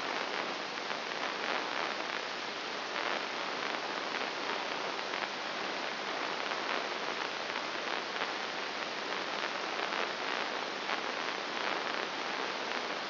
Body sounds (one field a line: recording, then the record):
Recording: brain microelectrode recording played as sound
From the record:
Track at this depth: inside the subthalamic nucleus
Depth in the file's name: 1.502 mm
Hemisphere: right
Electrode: 3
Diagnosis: Parkinson's disease